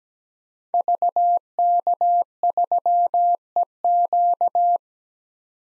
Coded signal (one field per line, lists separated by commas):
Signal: Morse code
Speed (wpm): 17 wpm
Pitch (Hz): 700 Hz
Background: none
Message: VK3EQ